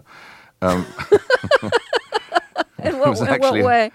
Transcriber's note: laughter